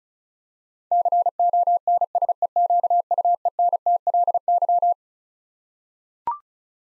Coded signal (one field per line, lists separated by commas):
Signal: Morse code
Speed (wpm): 36 wpm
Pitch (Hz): 700 Hz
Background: none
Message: CONSEQUENTLY